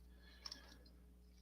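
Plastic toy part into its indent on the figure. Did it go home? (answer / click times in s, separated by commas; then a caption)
yes / 0.5 s. During a transforming-robot toy conversion, a plastic part is pressed into its indent on the figure. Two quick, sharp plastic clicks sound close together at about 0.5 s and 0.5 s over a faint steady background hum. The part clicks and seats in place.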